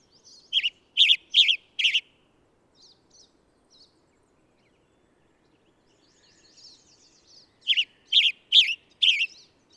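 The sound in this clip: Bird giving a quick burst of four bright chirps, then a pause filled with faint soft twitters, followed by another run of four crisp chirps near the end.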